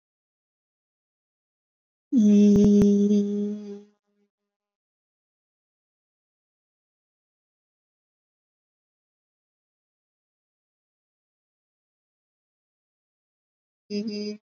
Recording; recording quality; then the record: sustained vowel as in beet; excellent, no background noise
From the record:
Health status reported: COVID-19 positive, no symptoms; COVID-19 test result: positive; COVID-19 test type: RT-PCR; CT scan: not taken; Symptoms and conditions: cold, fatigue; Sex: female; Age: 26 years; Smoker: no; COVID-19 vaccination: both doses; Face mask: not worn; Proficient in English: yes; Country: India